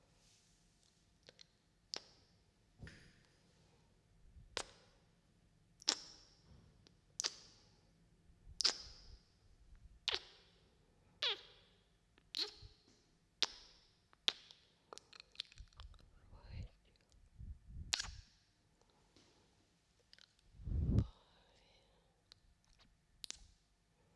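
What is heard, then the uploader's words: Binaural kiss sounds: sharp wet smacks repeat roughly every second or so through most of the clip, each with a bright crisp snap and a quick fade. Soft breathy rustles and a low muffled thump come near the twentieth second. ASMR BINAURAL KISS SOUNDS.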